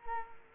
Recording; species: mosquito wingbeat signal from an infrared sensor; Culex quinquefasciatus